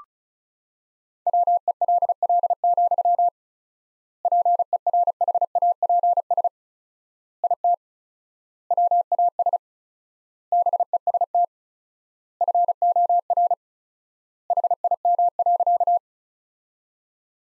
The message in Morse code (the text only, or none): WELL, PERHAPS IT WAS BEST FOR HIM.